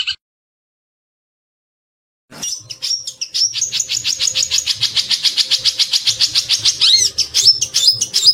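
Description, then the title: Streaked spiderhunter song: after a pause, a quick, steady series of sharp, high chipping notes that builds in loudness and keeps going to the end. Long, clear, vigorous song. "Pijantung Gunung Gacor Jernih Panjang"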